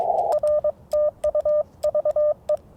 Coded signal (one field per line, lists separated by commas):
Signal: Morse code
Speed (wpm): 22 wpm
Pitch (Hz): 600 Hz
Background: none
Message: R TU VE